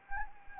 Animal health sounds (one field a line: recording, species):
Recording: mosquito wingbeat signal from an infrared sensor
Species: Anopheles gambiae